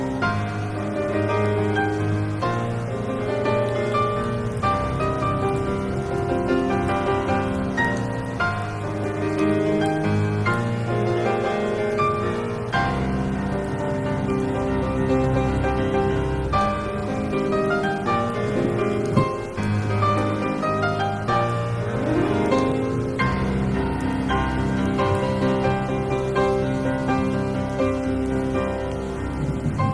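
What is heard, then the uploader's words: Soundtrack music plays at an even, full level, with sustained layered chords over a low bass that shift every two or three seconds. Original sound tracks with rain.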